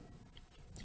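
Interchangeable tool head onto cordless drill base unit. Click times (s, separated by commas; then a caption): 0.4 s, 0.8 s. An interchangeable attachment head is pushed onto the base unit of a BLACK+DECKER 20V MAX 3/8-inch cordless drill and driver with LED work light. Two faint clicks are heard at 0.4 s and 0.8 s over a low steady background. The head snaps in and is seated.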